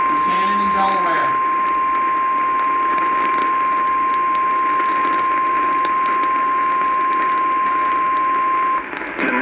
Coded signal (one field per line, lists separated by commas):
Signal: Emergency Alert System (SAME) tones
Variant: 1050 Hz attention tone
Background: speech